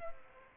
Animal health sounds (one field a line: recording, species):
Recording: mosquito wingbeat signal from an infrared sensor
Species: Aedes aegypti